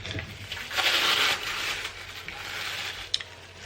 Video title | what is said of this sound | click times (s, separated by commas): Amazon Unboxing - Homgeek Stand Mixer - Smoothie Maker | I just have to give it a twist until I hear it click and then it's out oh no | 3.1 s